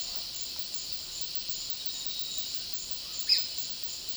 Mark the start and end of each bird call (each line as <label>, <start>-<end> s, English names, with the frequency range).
Gray-capped Flycatcher (1.1-10.8 kHz), 3.28-3.38 s